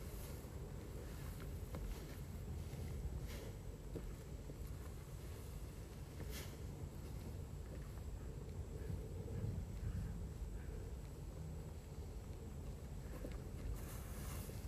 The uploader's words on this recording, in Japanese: 機械音あり バインダーで稲刈り、ハザ掛け。